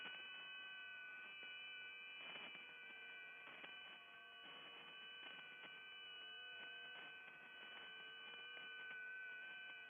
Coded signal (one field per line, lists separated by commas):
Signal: FT8